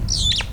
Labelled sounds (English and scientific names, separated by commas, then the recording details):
Superb Starling (Lamprotornis superbus) flight call
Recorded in Kenya